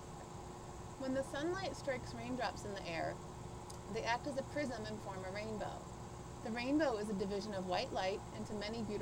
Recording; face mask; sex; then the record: reading aloud; surgical mask; female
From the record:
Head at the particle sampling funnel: tilted up or above it, chin in front of it